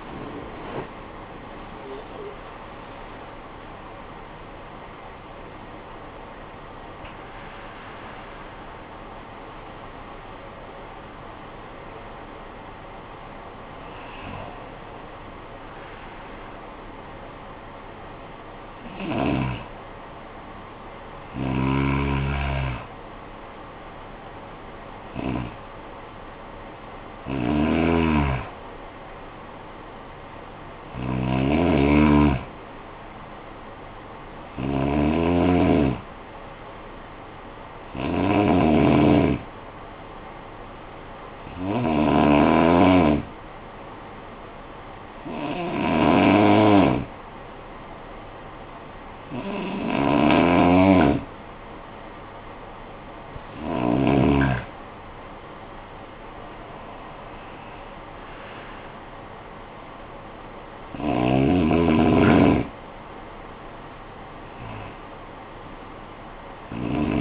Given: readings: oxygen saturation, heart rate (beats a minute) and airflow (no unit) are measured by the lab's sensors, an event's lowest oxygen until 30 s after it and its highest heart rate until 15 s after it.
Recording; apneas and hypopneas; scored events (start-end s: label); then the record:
breathing in sleep by a voice recorder at the bedside; 1
18.00-67.21 s: new sleep stage, N2 (light sleep)
40.00-56.50 s: hypopnea (N2, oxygen 96% highest, then 93% lowest, heart rate 49 at the start, 61 highest)
From the record:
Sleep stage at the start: N1 (lightest sleep); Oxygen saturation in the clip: 94 to 97%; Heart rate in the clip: 48 to 99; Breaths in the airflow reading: 18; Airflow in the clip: -16.7 to 19.9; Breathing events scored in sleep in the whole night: 445 in 7.6 hours asleep